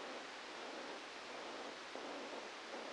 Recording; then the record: brain microelectrode recording played as sound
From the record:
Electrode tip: outside the subthalamic nucleus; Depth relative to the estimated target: 3 mm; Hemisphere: left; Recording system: NeuroSet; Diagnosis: Parkinson's disease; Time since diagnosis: 13 years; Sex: male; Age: 63 years